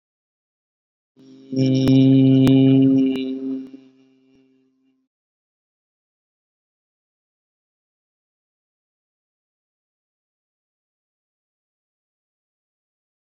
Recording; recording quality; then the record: sustained vowel as in beet; excellent, no background noise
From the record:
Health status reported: healthy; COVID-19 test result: negative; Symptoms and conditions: sore throat, fatigue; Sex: male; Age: 34 years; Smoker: yes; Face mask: not worn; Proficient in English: yes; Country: India